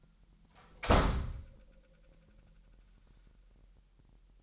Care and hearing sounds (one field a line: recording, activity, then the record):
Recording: daily activity, microphone in the room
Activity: close door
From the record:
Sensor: 3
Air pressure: 998.3 hPa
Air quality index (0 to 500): 143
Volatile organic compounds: 5 ppm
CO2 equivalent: 1706 ppm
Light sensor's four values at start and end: 16/45/18/17 and 16/45/18/17